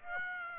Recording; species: mosquito wingbeat signal from an infrared sensor; Aedes aegypti